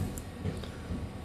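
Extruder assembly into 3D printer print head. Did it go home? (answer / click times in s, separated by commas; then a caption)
yes / 0.2 s. An extruder assembly is pushed into the plastic print head housing of an UP Plus 2 / UP Mini 3D printer over a low, steady background rumble. A sharp, short click at 0.2 s marks the extruder assembly locking into place in the print head.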